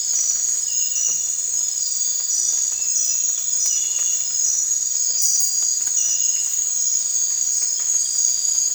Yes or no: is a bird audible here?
no